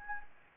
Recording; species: mosquito wingbeat signal from an infrared sensor; Anopheles gambiae